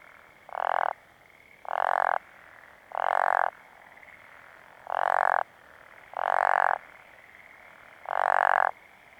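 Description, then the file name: Wrinkled frog giving six croaking calls, each under a second long, over a faint steady hiss. "Glandirana Rugosa Is Calling"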